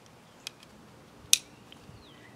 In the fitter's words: push it in until it clicks.